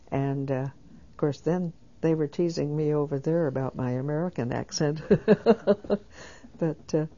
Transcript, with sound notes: Of course, then they were teasing me over there about my American accent. [she laughs] But,